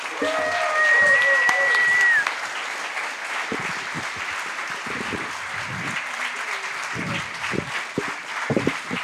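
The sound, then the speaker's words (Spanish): Loud, steady applause welcoming guest Eduardo Risso, an Argentine author, runs throughout, with a sharp high whistle rising over it early on and a few scattered voices and shouts mixed into the clapping. “porque pasamos ya mismo a nuestra sección, el invitado entrevistado, y queremos pedir un fuerte aplauso para el amigo Eduardo Risso.”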